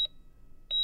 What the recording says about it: It's a long-term acute care hospital. Up on the LTAC's third floor. You hear the heart rate monitor, regular sort of staccato beeping. This was the ventilator unit.